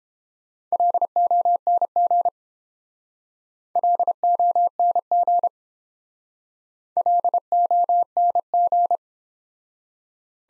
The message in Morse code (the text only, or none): LONG LONG LONG